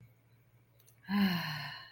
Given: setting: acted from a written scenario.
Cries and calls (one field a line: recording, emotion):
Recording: vocal sound without words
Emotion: serenity